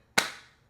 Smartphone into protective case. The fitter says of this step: so let's go ahead and put this in here listen out for that click